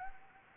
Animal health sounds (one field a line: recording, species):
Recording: mosquito wingbeat signal from an infrared sensor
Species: Anopheles arabiensis